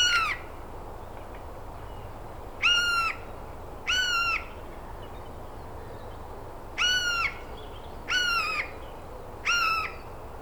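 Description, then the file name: Eurasian jay calling six times, short nasal notes with a slight downward bend, at irregular intervals with pauses between, steady background hiss. "Garrulus glandarius"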